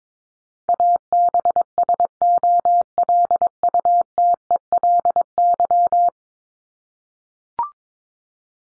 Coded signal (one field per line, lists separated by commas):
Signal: Morse code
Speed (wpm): 22 wpm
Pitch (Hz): 700 Hz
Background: none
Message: ABSOLUTELY